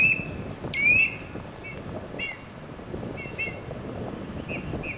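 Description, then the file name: Eurasian nuthatch with a short note at the start and a loud upslurred whistle about a second in, followed by a few fainter whistled notes against low background noise. "Sitta europaea"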